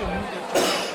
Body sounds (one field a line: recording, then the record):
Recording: coughing mixed with background sound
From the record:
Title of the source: Cough Around the Clock!